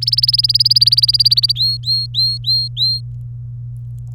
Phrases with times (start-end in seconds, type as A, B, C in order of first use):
0.02-1.52 A, 1.55-3.00 B